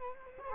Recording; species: mosquito wingbeat signal from an infrared sensor; Culex quinquefasciatus